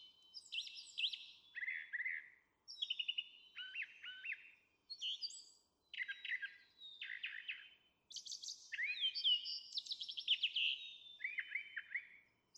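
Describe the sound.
Brown Thrasher singing a long run of varied phrases, buzzy, whistled and chattering, many repeated in pairs, separated by brief pauses.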